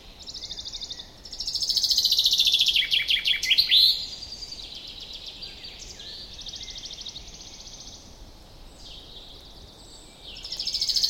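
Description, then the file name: Common chaffinch song: a fast, bright trill of repeated notes dropping in pitch and ending in a sharp flourish, then a quieter stretch before another phrase begins at the end. "Fringilla coelebs"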